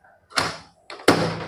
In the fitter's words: then you have to push it harder you will have to hear the click sound once you hear the click sound